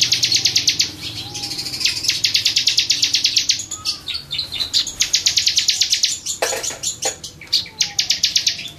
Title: Suara Burung Ciblek